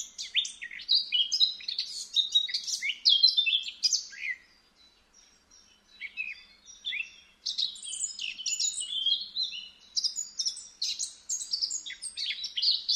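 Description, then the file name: Eurasian blackcap song, dense chattering runs of varied high notes, broken by a quieter spell of a couple of seconds before the warbling resumes. "Sylvia atricapilla"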